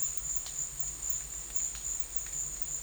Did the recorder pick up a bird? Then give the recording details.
no. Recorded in dense forest near Puerto Asís, Putumayo, Colombia, on 21 December 2024 at 13:30. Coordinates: 0.484, -76.317. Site G026